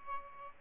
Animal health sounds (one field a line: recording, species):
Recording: mosquito wingbeat signal from an infrared sensor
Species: Aedes albopictus